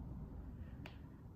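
A resin diamond-painting drill is pressed onto the adhesive canvas grid among its neighbours, giving only a faint, brief tap at about 0.9 s over a steady low rumble. The drill does not clip into place, so nothing has seated or clicked yet.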